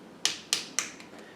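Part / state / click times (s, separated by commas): adjustable joint of a helmet camera mount / seated / 0.2 s, 0.5 s, 0.8 s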